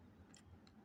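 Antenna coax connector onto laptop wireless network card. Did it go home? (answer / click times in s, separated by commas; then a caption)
no / none. A tiny antenna coaxial connector is being handled and pressed toward a laptop wireless network card, with two brief high-pitched ticks at about 0.3 and 0.7 seconds over a low background hum. Nothing has seated or clicked yet.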